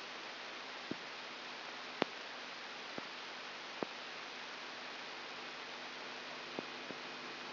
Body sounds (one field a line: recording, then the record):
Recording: brain microelectrode recording played as sound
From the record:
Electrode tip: outside the subthalamic nucleus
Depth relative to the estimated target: -4 mm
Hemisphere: left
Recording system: AlphaMap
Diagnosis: Parkinson's disease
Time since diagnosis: 24 years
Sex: female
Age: 57 years